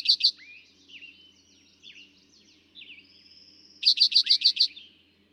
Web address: songs Eastern Towhee